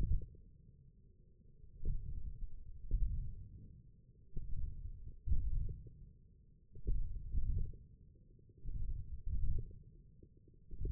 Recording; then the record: forearm muscle sounds (acoustic myography)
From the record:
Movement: wrist extension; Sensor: system 1, eight BSWA MPA416 microphones around the upper forearm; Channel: 4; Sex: male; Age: 20 years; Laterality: left